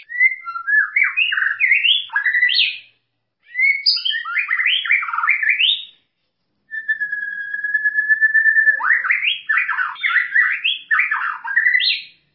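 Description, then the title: White-rumped shama song: bursts of rich, varied whistled phrases that sweep up and down, broken by short pauses, with one long steady whistle held for about two seconds midway. "Kicau Murai Batu"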